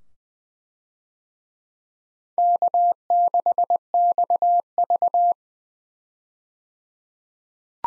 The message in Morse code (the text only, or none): K6XV